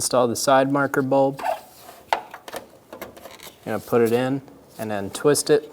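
A side marker bulb socket is handled at the back of the plastic side marker lamp housing on a 1988-1999 GMC K1500, ready to be inserted and twisted clockwise until it locks. Someone talks while a few small handling taps and knocks are heard between about 2.1 and 3.4 seconds. Nothing has seated or clicked in yet.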